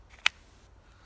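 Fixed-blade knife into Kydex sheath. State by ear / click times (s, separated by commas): seated / 0.3 s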